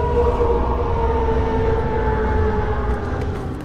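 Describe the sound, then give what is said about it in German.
A single long, loud roar with a steady, droning tonal quality and a rumbling low end, holding for several seconds before easing off slightly at the end. No voices. “Jetzt höre ich es auch. Ein Brüllen.”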